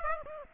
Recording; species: mosquito wingbeat signal from an infrared sensor; Aedes aegypti